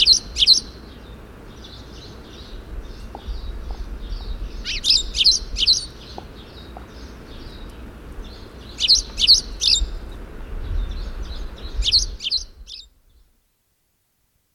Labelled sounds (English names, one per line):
Spanish Sparrow call